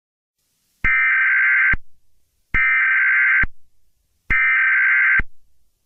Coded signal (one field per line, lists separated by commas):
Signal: Emergency Alert System (SAME) tones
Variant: header bursts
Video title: Eas scenario-the killer